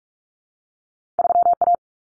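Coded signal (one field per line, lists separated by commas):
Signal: Morse code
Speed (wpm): 44 wpm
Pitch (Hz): 700 Hz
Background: none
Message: 3A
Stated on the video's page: Morse code drill of common two-digit cut numbers at 45 wpm for head-copy, cut letters T, A, N for 0, 1, 9.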